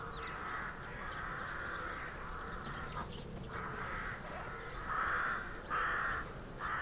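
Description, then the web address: Rooks calling in an almost continuous chorus of overlapping harsh caws, growing louder with strong bursts toward the end. Rookery in a derelict abbey; traffic-free background. "Hollywood Edge Historical Series. Rookery In Derelict Abbey"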